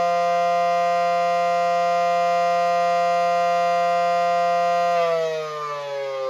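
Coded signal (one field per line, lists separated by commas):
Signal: siren signal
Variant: mechanical civil defense siren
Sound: loud steady buzzy siren wail for five seconds, then its pitch starts sliding down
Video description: Siren signal attack for 5 minutes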